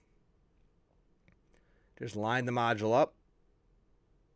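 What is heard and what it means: An 8GB DDR4 registered memory module, one of four going into an HP Z440 workstation, is lined up and pushed into a motherboard DIMM slot whose latches are already open. Two short, faint clicks come at 1.3 s and 1.6 s, one per side, as the module seats and the latches click in. Someone talks from about 2.0 to 3.0 s.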